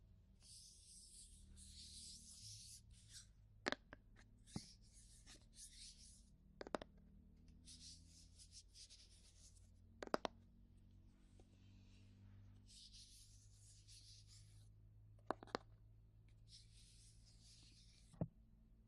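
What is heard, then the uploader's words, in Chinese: Ear massage sounds: soft, hissy rubbing and brushing in repeated bursts of a second or two, with pauses between them. Sharp little clicks or taps break through about every few seconds, and a low steady hum runs underneath throughout. 耳朵按摩特輯，無人聲。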